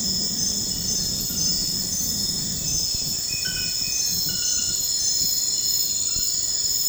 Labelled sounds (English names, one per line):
none